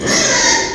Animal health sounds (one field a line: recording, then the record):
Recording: squeal of a Yucatan mini pig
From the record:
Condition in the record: before surgery on the right vocal fold (resection and tissue-engineered implant)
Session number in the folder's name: 1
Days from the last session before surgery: -3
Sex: male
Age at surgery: 12 weeks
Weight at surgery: 13 kg